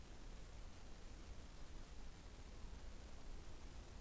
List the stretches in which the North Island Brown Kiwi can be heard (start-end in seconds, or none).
none